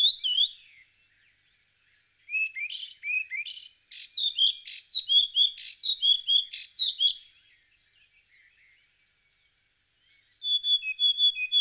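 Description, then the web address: Flycatcher singing a lively, varied run of high chirps and downslurred whistles over several seconds, a pause, then a few clear whistled notes; background quiet. "bird flycatcher singing"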